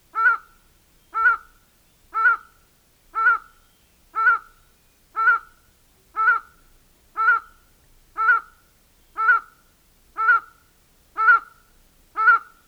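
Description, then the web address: Highland tinamou calling, a harmonic-rich note repeated steadily about once per second, thirteen times, with no other clear sounds. Costa Rican cloud forest. "Birds of the Costa Rican Cloud Forest. Highland Tinamou"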